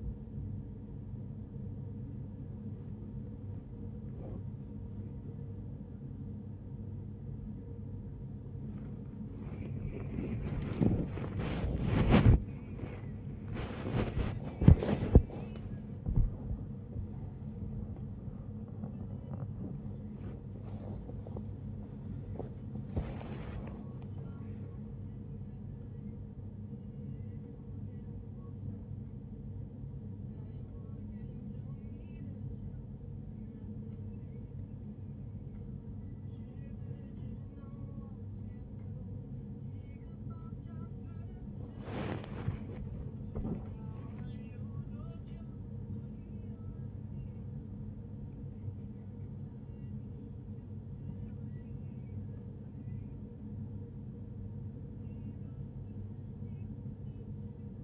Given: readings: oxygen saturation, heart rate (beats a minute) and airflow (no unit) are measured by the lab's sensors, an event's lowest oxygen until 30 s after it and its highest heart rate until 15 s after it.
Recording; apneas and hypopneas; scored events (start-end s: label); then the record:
a person awake in a sleep study, by a smartphone at the bedside; none
0.00-57.84 s: awake
From the record:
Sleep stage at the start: awake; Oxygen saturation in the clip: 95 to 96%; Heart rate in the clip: 70 to 87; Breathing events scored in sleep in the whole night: 35 in 6.9 hours asleep